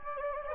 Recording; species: mosquito wingbeat signal from an infrared sensor; Anopheles gambiae